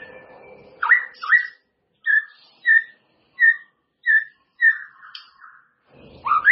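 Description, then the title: White-rumped shama song: a series of short, clear whistled phrases with brief pauses between. "murai batu"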